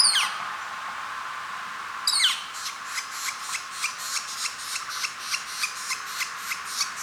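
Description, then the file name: Northern flicker nestling calls: a high falling squeak, another after two seconds, then a steady series of raspy begging pulses. Nestling, calling while being fed. "Northern Flicker Nestling Calling and Feeding"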